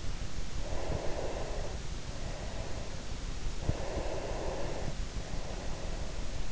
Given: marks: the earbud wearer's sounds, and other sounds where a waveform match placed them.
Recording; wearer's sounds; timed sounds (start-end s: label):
sounds in sleep by an in-ear microphone; breath
0.58-3.04 s: breath
3.49-6.48 s: breath